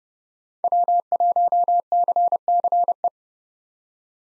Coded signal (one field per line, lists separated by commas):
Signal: Morse code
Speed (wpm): 30 wpm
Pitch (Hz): 700 Hz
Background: none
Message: W1CCE